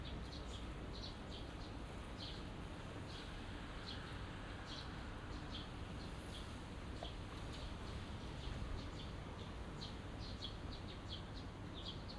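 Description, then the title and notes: Birds chirping with many brief high notes, sometimes in rapid clusters, against constant low background noise. Small garden in a corner of Yushima Tenjin shrine, Tokyo, Japan, surrounded by buildings; recorded after rain; binaural recording. "小鳥のさえずり、雨上がりの庭園にて（Binaural）- Birds singing in the garden. 湯島天神の片隅にある小さな庭園で録音しました。"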